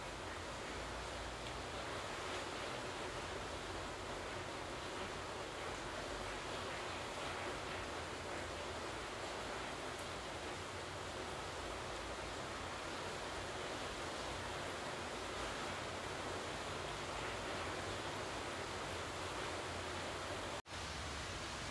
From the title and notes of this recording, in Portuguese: Esse episódio é uma coleção de sons de chuva gravados por mim com o objetivo de propiciar um ambiente relaxante. Sons da chuva.